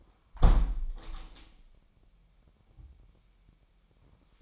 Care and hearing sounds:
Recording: daily activity, microphone in the room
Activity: close window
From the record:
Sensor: 1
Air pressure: 998.0 hPa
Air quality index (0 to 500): 130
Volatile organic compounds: 4 ppm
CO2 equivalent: 1547 ppm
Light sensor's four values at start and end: 17/56/22/23 and 17/56/22/23

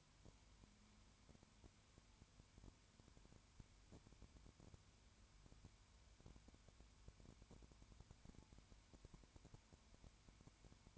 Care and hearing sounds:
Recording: daily activity, microphone in the room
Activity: no activity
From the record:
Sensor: 2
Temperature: 20.0 degrees Celsius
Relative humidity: 32.1%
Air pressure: 1001.1 hPa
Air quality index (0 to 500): 55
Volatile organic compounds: 1 ppm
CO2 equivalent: 604 ppm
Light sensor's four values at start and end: 2/3/2/2 and 2/3/2/2

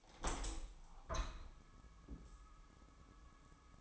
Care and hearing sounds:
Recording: daily activity, microphone in the room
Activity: open window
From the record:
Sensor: 1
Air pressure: 1000.5 hPa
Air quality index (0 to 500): 173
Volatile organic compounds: 4 ppm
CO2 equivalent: 1591 ppm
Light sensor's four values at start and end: 10/24/10/11 and 10/25/10/12

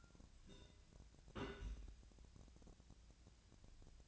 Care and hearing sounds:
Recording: daily activity, microphone in the room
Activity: place on stove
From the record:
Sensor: 2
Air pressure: 1009.8 hPa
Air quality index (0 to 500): 180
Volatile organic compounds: 10 ppm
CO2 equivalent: 2252 ppm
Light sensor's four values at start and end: 32/78/34/37 and 32/78/34/37

